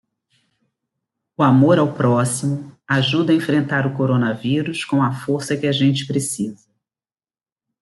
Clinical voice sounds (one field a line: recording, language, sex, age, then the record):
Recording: spoken sentence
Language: Brazilian Portuguese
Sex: female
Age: 50 to 59 years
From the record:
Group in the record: control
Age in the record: 56 years